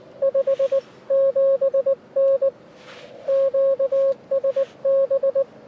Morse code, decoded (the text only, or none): 57N QSB